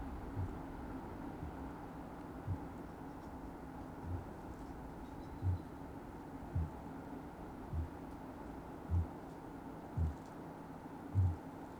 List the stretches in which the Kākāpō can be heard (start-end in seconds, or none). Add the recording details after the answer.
0.23-0.60, 1.27-1.62, 2.31-2.61, 3.95-4.21, 5.31-5.66, 6.32-6.82, 7.51-7.99, 8.70-9.20, 9.87-10.21, 10.99-11.44. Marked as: faintness 5/5, faintness 4/5, faintness 3/5. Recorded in New Zealand. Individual Sirocco